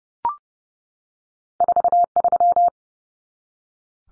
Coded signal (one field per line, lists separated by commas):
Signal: Morse code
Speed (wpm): 30 wpm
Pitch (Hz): 700 Hz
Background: none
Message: 43